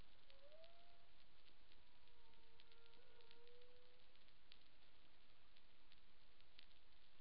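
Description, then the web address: Humpback whale song: faint tonal moans near mid pitch, a short rising sweep then a long flat unit, under constant crackling hiss. Recorded 11 May 2021 at 15:32 UTC. "Humpback Whale CIAN Colab Tutorial"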